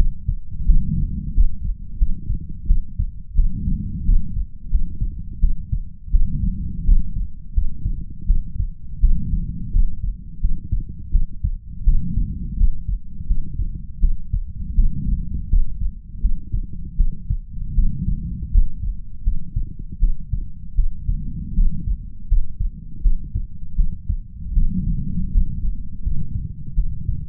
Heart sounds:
heart sounds by stethoscope; 83 bpm
0.65 s: heartbeat
1.33 s: heartbeat
1.97 s: heartbeat
2.66 s: heartbeat
3.34 s: heartbeat
4.04 s: heartbeat
4.70 s: heartbeat
5.39 s: heartbeat
6.10 s: heartbeat
6.84 s: heartbeat
7.53 s: heartbeat
8.26 s: heartbeat
8.99 s: heartbeat
9.71 s: heartbeat
10.39 s: heartbeat
11.10 s: heartbeat
11.83 s: heartbeat
12.56 s: heartbeat
13.26 s: heartbeat
13.99 s: heartbeat
14.74 s: heartbeat
15.48 s: heartbeat
16.20 s: heartbeat
16.95 s: heartbeat
17.73 s: heartbeat
18.50 s: heartbeat
19.22 s: heartbeat
19.98 s: heartbeat
20.74 s: heartbeat
21.54 s: heartbeat
22.27 s: heartbeat
23.00 s: heartbeat
23.75 s: heartbeat
24.53 s: heartbeat
25.30 s: heartbeat
26.02 s: heartbeat
26.73 s: heartbeat
From the record:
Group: healthy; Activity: rest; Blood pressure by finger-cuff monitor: 106/60 mmHg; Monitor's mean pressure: 77 mmHg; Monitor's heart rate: 83 bpm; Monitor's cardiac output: 7.4 L/min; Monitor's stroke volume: 90 mL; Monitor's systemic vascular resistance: 750 dyn s/cm5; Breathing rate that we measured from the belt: 20 breaths a minute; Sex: female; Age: 26 years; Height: 165 cm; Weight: 55 kg

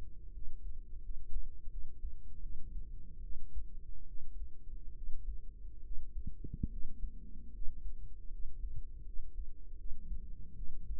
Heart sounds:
heart sounds by microphone in the right ear; 76 bpm
0.32 s: heartbeat
1.01 s: heartbeat
1.69 s: heartbeat
2.41 s: heartbeat
3.21 s: heartbeat
4.06 s: heartbeat
4.94 s: heartbeat
5.82 s: heartbeat
6.69 s: heartbeat
7.52 s: heartbeat
8.30 s: heartbeat
9.04 s: heartbeat
9.77 s: heartbeat
10.55 s: heartbeat
From the record:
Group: healthy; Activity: rest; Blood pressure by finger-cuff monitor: 129/54 mmHg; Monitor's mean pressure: 76 mmHg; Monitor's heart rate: 72 bpm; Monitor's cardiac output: 8.7 L/min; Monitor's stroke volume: 122 mL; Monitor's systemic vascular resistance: 620 dyn s/cm5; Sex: female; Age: 32 years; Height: 168 cm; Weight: 61.9 kg

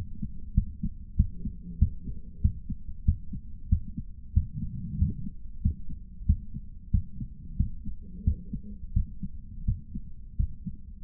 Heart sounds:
heart sounds by stethoscope; 92 bpm
0.53 s: heartbeat
1.15 s: heartbeat
1.78 s: heartbeat
2.40 s: heartbeat
3.04 s: heartbeat
3.68 s: heartbeat
4.32 s: heartbeat
4.97 s: heartbeat
5.61 s: heartbeat
6.25 s: heartbeat
6.90 s: heartbeat
7.56 s: heartbeat
8.23 s: heartbeat
8.93 s: heartbeat
9.64 s: heartbeat
10.36 s: heartbeat
From the record:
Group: healthy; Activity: cold pressor test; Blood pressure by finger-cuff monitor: 146/92 mmHg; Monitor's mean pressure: 106 mmHg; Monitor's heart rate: 94 bpm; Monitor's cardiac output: 8 L/min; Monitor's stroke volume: 84 mL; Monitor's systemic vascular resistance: 980 dyn s/cm5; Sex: male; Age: 57 years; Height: 188 cm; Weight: 106 kg

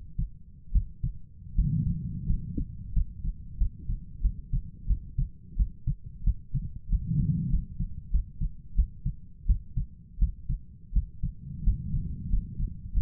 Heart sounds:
heart sounds by stethoscope; 88 bpm
0.72 s: heartbeat
1.55 s: heartbeat
2.26 s: heartbeat
2.93 s: heartbeat
3.58 s: heartbeat
4.22 s: heartbeat
4.87 s: heartbeat
5.57 s: heartbeat
6.24 s: heartbeat
6.89 s: heartbeat
7.50 s: heartbeat
8.11 s: heartbeat
8.76 s: heartbeat
9.47 s: heartbeat
10.19 s: heartbeat
10.93 s: heartbeat
11.64 s: heartbeat
12.30 s: heartbeat
12.94 s: heartbeat
From the record:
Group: healthy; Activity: rest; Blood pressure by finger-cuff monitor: 121/65 mmHg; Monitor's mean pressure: 83 mmHg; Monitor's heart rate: 86 bpm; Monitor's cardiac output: 8.7 L/min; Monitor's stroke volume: 98 mL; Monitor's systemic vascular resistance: 690 dyn s/cm5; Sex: male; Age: 23 years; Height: 179 cm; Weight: 87 kg

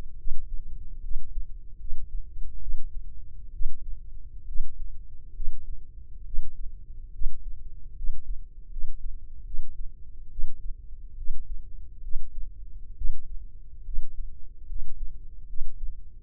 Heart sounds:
heart sounds by microphone in the left ear; 71 bpm
0.17 s: heartbeat
1.02 s: heartbeat
1.78 s: heartbeat
2.60 s: heartbeat
3.52 s: heartbeat
4.46 s: heartbeat
5.34 s: heartbeat
6.25 s: heartbeat
7.12 s: heartbeat
7.95 s: heartbeat
8.70 s: heartbeat
9.45 s: heartbeat
10.30 s: heartbeat
11.16 s: heartbeat
12.02 s: heartbeat
12.96 s: heartbeat
13.84 s: heartbeat
14.67 s: heartbeat
15.47 s: heartbeat
From the record:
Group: healthy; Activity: rest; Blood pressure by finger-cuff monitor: 163/91 mmHg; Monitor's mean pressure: 112 mmHg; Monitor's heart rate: 71 bpm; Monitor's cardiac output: 6.3 L/min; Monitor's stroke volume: 87 mL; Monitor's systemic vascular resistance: 1320 dyn s/cm5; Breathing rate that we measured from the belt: 18 breaths a minute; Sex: male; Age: 21 years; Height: 180 cm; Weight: 67.5 kg

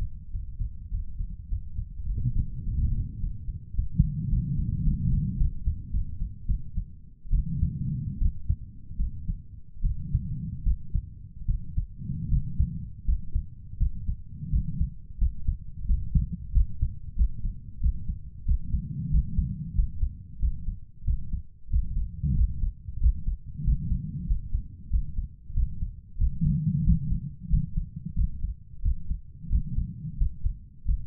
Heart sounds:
heart sounds by stethoscope; 90 bpm
0.29 s: heartbeat
0.88 s: heartbeat
1.46 s: heartbeat
2.04 s: heartbeat
2.61 s: heartbeat
3.18 s: heartbeat
3.74 s: heartbeat
4.28 s: heartbeat
4.82 s: heartbeat
5.36 s: heartbeat
5.90 s: heartbeat
6.45 s: heartbeat
7.30 s: heartbeat
8.17 s: heartbeat
8.96 s: heartbeat
9.81 s: heartbeat
10.62 s: heartbeat
11.45 s: heartbeat
12.28 s: heartbeat
13.04 s: heartbeat
13.77 s: heartbeat
14.49 s: heartbeat
15.18 s: heartbeat
15.85 s: heartbeat
16.51 s: heartbeat
17.15 s: heartbeat
17.80 s: heartbeat
18.44 s: heartbeat
19.10 s: heartbeat
19.74 s: heartbeat
20.39 s: heartbeat
21.04 s: heartbeat
21.69 s: heartbeat
22.34 s: heartbeat
22.99 s: heartbeat
23.63 s: heartbeat
24.26 s: heartbeat
24.89 s: heartbeat
25.53 s: heartbeat
26.17 s: heartbeat
26.83 s: heartbeat
27.49 s: heartbeat
28.15 s: heartbeat
28.81 s: heartbeat
29.48 s: heartbeat
30.16 s: heartbeat
30.84 s: heartbeat
From the record:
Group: healthy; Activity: Valsalva maneuver 0-3 s, rest 3-31 s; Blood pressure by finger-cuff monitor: 138/75 mmHg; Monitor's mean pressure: 96 mmHg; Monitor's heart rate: 92 bpm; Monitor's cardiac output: 7.5 L/min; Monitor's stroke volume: 90 mL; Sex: female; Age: 32 years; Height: 172 cm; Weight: 71.7 kg

